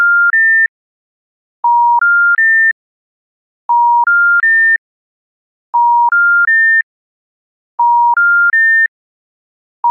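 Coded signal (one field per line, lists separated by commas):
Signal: telephone call progress tone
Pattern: special information tone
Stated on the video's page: French Special Information Tone B, older variant: 950, 1400 and 1800 Hz sequential tones, each 0.33 s on with 0.03 s gaps, then 1.0 s off.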